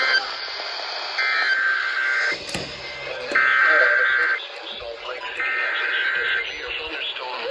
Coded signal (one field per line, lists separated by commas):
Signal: Emergency Alert System (SAME) tones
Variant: header bursts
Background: speech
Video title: Severe Thunderstorm Warning For My Area | EAS#616-621